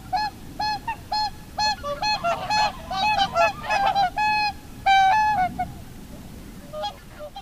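Whooper swan honking calls, loud bugling notes repeated in quick succession, several birds overlapping in a busy chorus with brief pauses.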